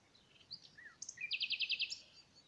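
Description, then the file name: Common nightingale song phrase: soft slurred whistles leading into a rapid, evenly spaced pulsing trill. "Luscinia megarhynchos"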